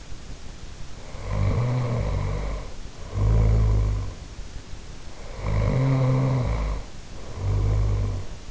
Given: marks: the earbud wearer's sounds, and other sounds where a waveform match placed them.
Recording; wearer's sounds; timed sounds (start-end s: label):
sounds in sleep by an in-ear microphone; snoring breath
0.62-4.45 s: snoring breath
5.00-8.51 s: snoring breath